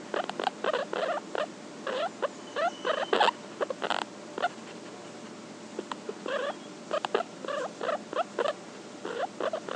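Guinea pig mumbling, a run of short grunting and chuckling notes in quick irregular bursts over a steady faint hum.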